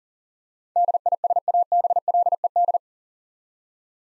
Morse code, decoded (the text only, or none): DISABLED